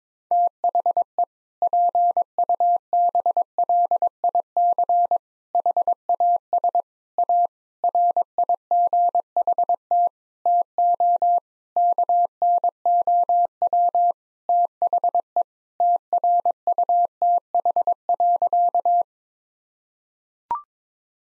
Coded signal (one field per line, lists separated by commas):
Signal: Morse code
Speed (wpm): 21 wpm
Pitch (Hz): 700 Hz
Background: none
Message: THE PUBLIC HAS A RIGHT TO KNOW THE TRUTH.